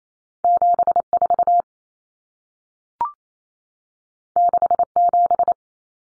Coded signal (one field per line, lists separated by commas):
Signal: Morse code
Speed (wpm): 28 wpm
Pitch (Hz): 700 Hz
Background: none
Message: 74 67